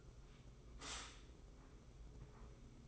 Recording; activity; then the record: daily activity, microphone in the room; stop toaster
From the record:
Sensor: 1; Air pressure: 995.3 hPa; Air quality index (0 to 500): 24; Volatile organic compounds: 0 ppm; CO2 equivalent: 499 ppm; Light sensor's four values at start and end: 17/57/21/22 and 17/56/20/22